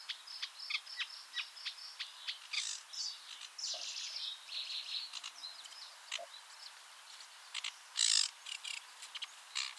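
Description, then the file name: Sedge warbler song: a steady series of short ticking notes building into grating, buzzy chatter with a loud harsh burst near the end, over a hissy background. Recorded 29 April 2017 in the Seine Estuary nature reserve, France. "Acrocephalus-schoenobaenus 2 76 RNN-Estuaire-Seine"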